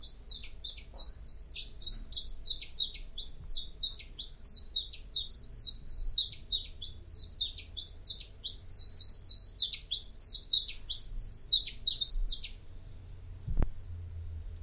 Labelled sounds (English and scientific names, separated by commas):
Common Chiffchaff (Phylloscopus collybita) song